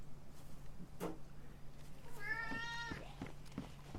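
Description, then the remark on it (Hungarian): A cat lets out one drawn-out, bright meow lasting under a second, over a steady low background hum, with a few soft taps and thumps before and after. “Mert hogy már kapott vacsorát a cica, illetve már jutifalatot is kapott.”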